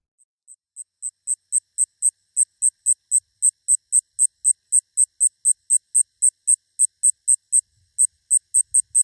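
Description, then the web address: Striped ground cricket song, high thin pulses repeated about four times a second, fading in at the start, then steady. "The Songs of Insects. Striped Ground Cricket"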